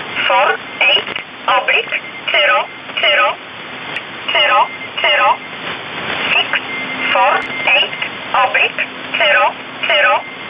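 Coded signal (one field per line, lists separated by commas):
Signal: numbers station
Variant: E11 Oblique, English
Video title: 30 05 2019 E11 Oblique Numbers station in English 1900 on 7600 unknown tx site in USB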